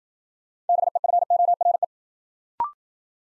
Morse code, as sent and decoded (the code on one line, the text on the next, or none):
-... . ..-. --- .-. .
BEFORE